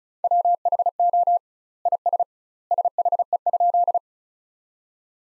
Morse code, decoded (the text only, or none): WHO IS SHE?